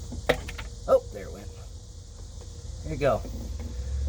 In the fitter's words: Oh, there it went. There you go. A little pop, a little click. Gets past those 2 O-rings.